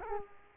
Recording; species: mosquito wingbeat signal from an infrared sensor; Culex quinquefasciatus